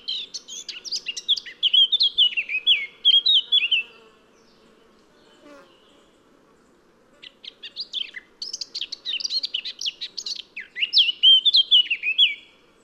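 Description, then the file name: Eurasian blackcap singing two full phrases, each a chattering warble ending in rich whistled notes, separated by a few seconds of quiet. "Sylvia atricapilla"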